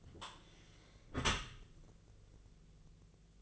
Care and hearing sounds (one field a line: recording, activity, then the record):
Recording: daily activity, microphone in the room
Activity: close dishwasher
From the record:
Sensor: 4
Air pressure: 1001.3 hPa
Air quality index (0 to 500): 183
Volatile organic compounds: 2 ppm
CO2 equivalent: 1305 ppm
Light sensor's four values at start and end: 13/29/12/12 and 13/30/12/13